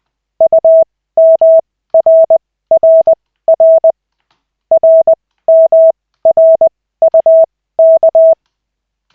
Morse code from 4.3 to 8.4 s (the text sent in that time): RMRUK